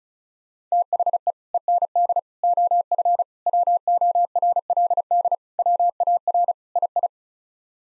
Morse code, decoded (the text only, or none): THE END OF WORLD WAR II